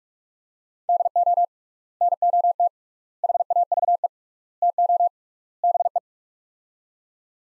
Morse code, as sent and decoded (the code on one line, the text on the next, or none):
-.. --- / -. --- - / .... .- ...- . / - --- / -... .
DO NOT HAVE TO BE